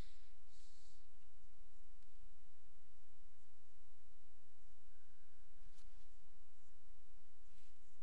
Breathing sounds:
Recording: nose breathing near a microphone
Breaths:
0.00-1.13 s: inhalation
From the record:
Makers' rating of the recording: medium

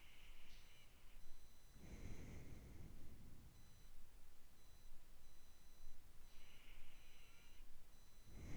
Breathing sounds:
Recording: nose breathing near a microphone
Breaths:
0.00-1.72 s: inhalation
1.72-3.65 s: exhalation
6.20-8.24 s: inhalation
8.24-8.56 s: exhalation
From the record:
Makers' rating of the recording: medium

